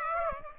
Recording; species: mosquito wingbeat signal from an infrared sensor; Aedes aegypti